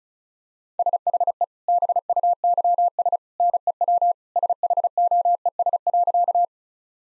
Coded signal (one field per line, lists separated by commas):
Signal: Morse code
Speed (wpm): 36 wpm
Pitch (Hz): 700 Hz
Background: none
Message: SHE BUYS NEW SHOES.